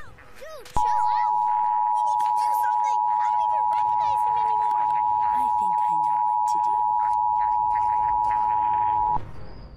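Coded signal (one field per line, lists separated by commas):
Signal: Emergency Alert System (SAME) tones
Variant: 853 and 960 Hz attention tone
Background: speech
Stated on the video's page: Fan-made mock EAS tornado warning interrupting a Cartoon Network show.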